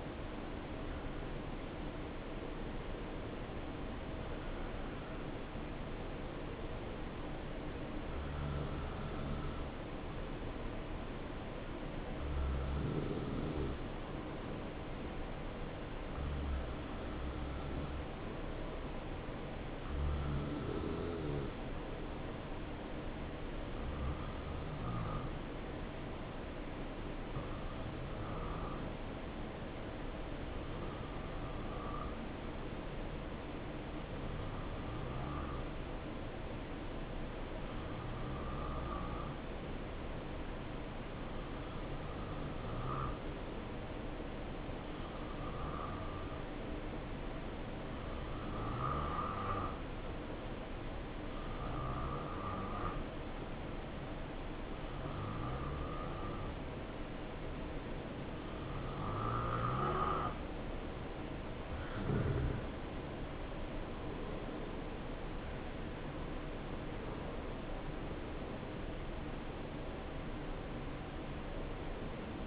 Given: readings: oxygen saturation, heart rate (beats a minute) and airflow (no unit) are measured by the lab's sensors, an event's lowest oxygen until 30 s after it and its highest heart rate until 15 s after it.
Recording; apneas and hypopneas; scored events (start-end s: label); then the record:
breathing in sleep by a voice recorder at the bedside; 1
8.00-72.47 s: new sleep stage, N2 (light sleep)
10.00-62.60 s: hypopnea (N2, oxygen 94% highest, then 89% lowest, heart rate 72 at the start, 73 highest)
From the record:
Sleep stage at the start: N1 (lightest sleep); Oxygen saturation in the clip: 85 to 94%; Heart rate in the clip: 64 to 73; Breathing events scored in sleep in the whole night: 277 in 7.4 hours asleep